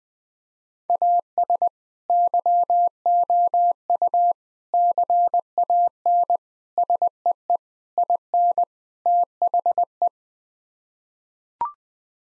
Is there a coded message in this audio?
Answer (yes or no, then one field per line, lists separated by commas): yes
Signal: Morse code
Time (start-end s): 0.9-10.1 s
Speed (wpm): 20 wpm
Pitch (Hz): 700 Hz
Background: none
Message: AS YOU CAN SEE IN THE